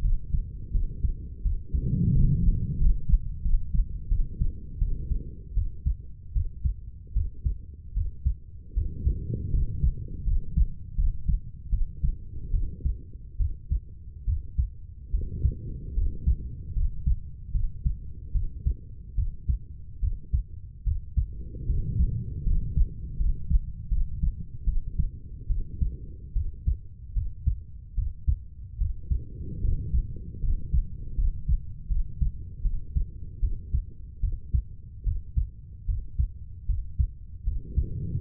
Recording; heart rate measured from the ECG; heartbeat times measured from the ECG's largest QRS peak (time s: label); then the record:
heart sounds by stethoscope; 77 bpm
0.02 s: heartbeat
0.72 s: heartbeat
1.43 s: heartbeat
2.13 s: heartbeat
2.78 s: heartbeat
3.42 s: heartbeat
4.09 s: heartbeat
4.79 s: heartbeat
5.54 s: heartbeat
6.33 s: heartbeat
7.14 s: heartbeat
7.94 s: heartbeat
8.74 s: heartbeat
9.51 s: heartbeat
10.24 s: heartbeat
10.96 s: heartbeat
11.70 s: heartbeat
12.51 s: heartbeat
13.38 s: heartbeat
14.25 s: heartbeat
15.11 s: heartbeat
15.94 s: heartbeat
16.74 s: heartbeat
17.52 s: heartbeat
18.32 s: heartbeat
19.15 s: heartbeat
20.00 s: heartbeat
20.84 s: heartbeat
21.66 s: heartbeat
22.44 s: heartbeat
23.17 s: heartbeat
23.89 s: heartbeat
24.65 s: heartbeat
25.47 s: heartbeat
26.33 s: heartbeat
27.13 s: heartbeat
27.95 s: heartbeat
28.78 s: heartbeat
29.61 s: heartbeat
30.41 s: heartbeat
31.16 s: heartbeat
31.88 s: heartbeat
32.62 s: heartbeat
33.40 s: heartbeat
34.21 s: heartbeat
35.04 s: heartbeat
35.86 s: heartbeat
36.66 s: heartbeat
37.44 s: heartbeat
38.20 s: heartbeat
From the record:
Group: healthy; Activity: rest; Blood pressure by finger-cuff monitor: 100/35 mmHg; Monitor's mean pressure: 58 mmHg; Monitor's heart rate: 75 bpm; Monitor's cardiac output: 10.2 L/min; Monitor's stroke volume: 132 mL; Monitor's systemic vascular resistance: 360 dyn s/cm5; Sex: female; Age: 32 years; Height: 168 cm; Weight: 61.9 kg